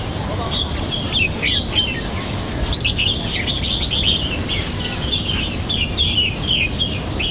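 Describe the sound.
Bulbul calls: a steady stream of short, chirpy, slurred notes over a loud low rumbling background noise throughout.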